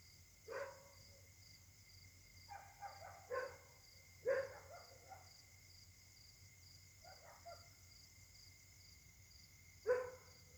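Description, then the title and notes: Dog barking in short bursts, some single sharp barks and a quick double bark, spaced irregularly over ten seconds. Dogs barking together at night, Caltex, 3 Mares, Réunion; a 'concert' of dogs; recorded on a Samsung Galaxy S8 smartphone with a partly clogged left microphone. "Caltex, 3 mares, Réunion. La nuit s'annonce difficile pour les habitants: concert de chiens"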